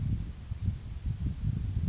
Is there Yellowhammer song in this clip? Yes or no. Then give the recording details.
yes. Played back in forest. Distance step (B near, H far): G. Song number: 056